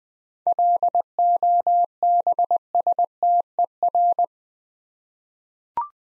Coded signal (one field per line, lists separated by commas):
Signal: Morse code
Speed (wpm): 21 wpm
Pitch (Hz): 700 Hz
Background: none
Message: LOBSTER